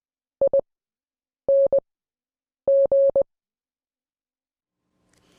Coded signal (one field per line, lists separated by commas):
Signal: Morse code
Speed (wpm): 20 wpm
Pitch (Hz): 550 Hz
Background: none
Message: ING